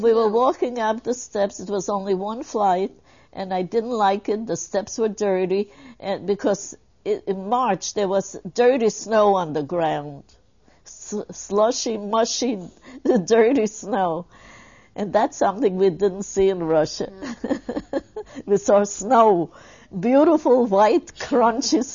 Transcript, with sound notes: Well, we were walking up the steps, it was only one flight and I didn't like it, the steps were dirty because in March there was dirty snow on the ground, slushy, mushy dirty snow and that's something we didn't see in (she laughs) we saw snow, beautiful, white, crunchy